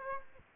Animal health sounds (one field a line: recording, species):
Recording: mosquito wingbeat signal from an infrared sensor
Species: Aedes aegypti